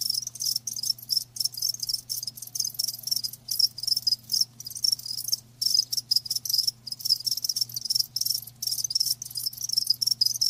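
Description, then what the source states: Crickets chirping in dense, rapid trills high in pitch, with brief gaps scattered through, over a faint steady low hum. Live crickets chirping, a lulling song.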